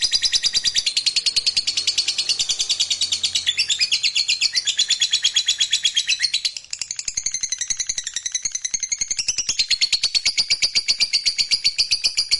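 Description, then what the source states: Lovebird trilling continuously with a fast, shrill, pulsing chatter that shifts pitch slightly midway and carries on to the end. Fighter lovebird giving long ngekek trill.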